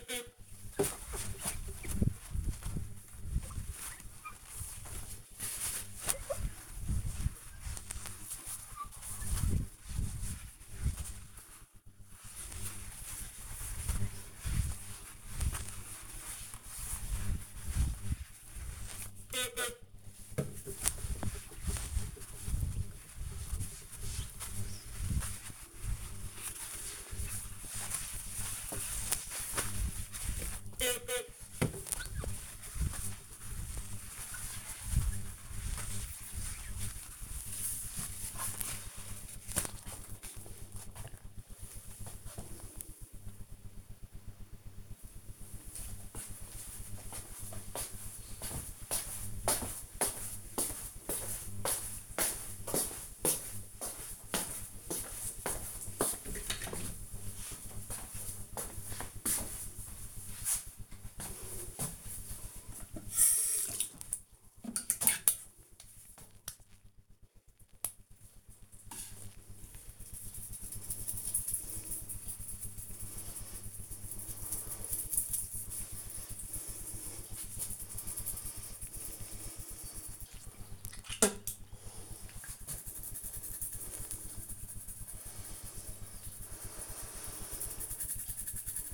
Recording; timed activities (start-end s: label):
household activities, microphone on the right wrist
0.00-39.15 s: window cleaning
60.26-88.94 s: brushing teeth